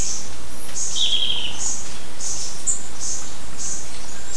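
Bird calls: a string of brief high chirps with one longer, lower note, over steady loud low noise.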